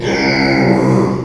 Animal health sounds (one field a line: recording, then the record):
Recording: squeal of a Yucatan mini pig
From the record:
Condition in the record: before surgery on the right vocal fold (resection and tissue-engineered implant)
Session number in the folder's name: 1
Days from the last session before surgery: -3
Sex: male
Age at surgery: 12 weeks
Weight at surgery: 13 kg